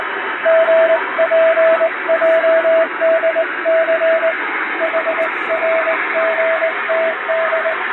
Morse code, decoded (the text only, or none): GPJDC HRGTD